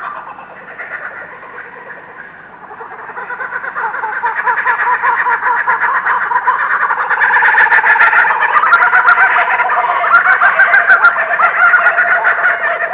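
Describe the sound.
Kookaburra laughing chorus that starts softly and swells into loud, rapid, overlapping cackles and chuckles.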